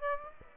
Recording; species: mosquito wingbeat signal from an infrared sensor; Aedes aegypti